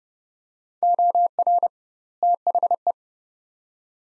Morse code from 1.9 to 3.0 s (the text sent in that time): THE